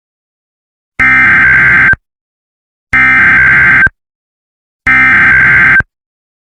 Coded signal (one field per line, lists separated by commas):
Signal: Emergency Alert System (SAME) tones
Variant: header bursts